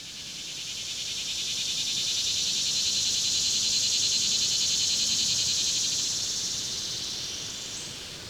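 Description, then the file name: Insects in a steady, high, rapidly pulsing buzz chorus that swells gently and tapers at the end. Swelling insect chorus in summer. "Insects Ferne Cliff"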